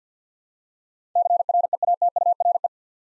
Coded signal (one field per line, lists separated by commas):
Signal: Morse code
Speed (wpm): 53 wpm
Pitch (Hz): 700 Hz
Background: none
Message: CREATURE